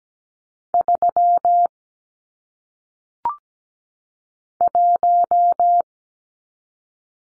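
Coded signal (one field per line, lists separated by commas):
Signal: Morse code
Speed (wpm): 17 wpm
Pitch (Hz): 700 Hz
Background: none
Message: 3 1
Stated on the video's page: Single-digit number head-copy drill at 17 wpm, each sent in Morse, spoken, then sent again.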